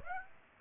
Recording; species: mosquito wingbeat signal from an infrared sensor; Aedes aegypti